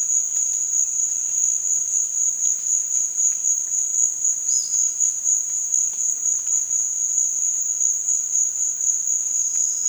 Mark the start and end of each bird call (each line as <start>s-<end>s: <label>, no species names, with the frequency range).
4.46s-4.71s: bird call (3.3-5.6 kHz)
9.23s-9.89s: bird call (4.1-6.0 kHz)